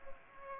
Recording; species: mosquito wingbeat signal from an infrared sensor; Aedes aegypti